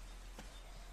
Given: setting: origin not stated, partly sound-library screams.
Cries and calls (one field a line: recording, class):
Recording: one-second piece from a danger detection set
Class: normal situation